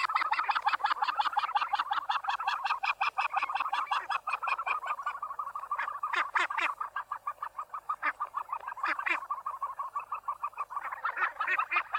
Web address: australasian-gannet takapu